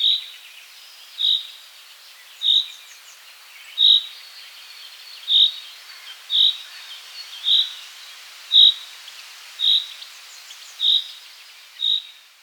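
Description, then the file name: Common chaffinch calling: a short, bright, high note repeated steadily about once every second, eleven times, over a soft hiss of background noise. "Fringilla coelebs"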